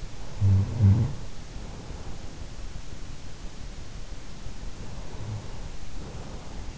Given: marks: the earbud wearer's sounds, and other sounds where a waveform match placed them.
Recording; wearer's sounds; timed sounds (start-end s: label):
sounds in sleep by an in-ear microphone; snoring breath
0.32-1.69 s: snoring breath
5.35-6.78 s: snoring breath